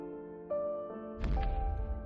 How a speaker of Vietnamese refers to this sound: Có tiếng bước chân bình bịch khá nặng nề sau lưng.